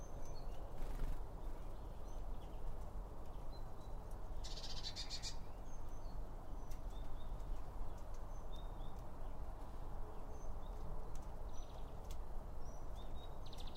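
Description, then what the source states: Birds calling at a feeder: short high thin notes scattered through steady low rumbling background noise, with a brief burst of rustling. Birds around a bird feeder; recorded with two OM 1 microphones from Line Audio.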